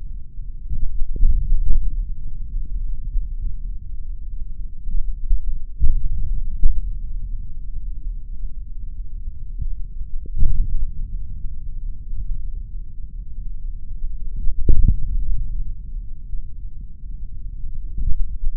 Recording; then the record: forearm muscle sounds (acoustic myography)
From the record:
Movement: index flexion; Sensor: system 3, bracelet of six PUI Audio POM-2738L microphones around the upper forearm, with dedicated amplification and filtering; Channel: 4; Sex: male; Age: 26 years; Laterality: right